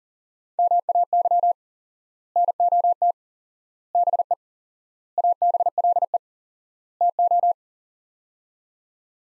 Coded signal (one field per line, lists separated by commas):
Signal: Morse code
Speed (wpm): 37 wpm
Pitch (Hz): 700 Hz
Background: none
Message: MAY NOT BE ABLE TO